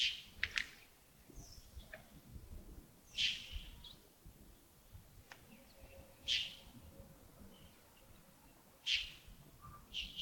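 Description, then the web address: Bird calls, abrupt sharp notes spaced about three seconds apart, with a quick double note at the start and faint high chirps between. Early morning at Yagongding, 28 December 2025, around 07:40. "2025-12-28 亚公顶清晨 251228 074040 birds"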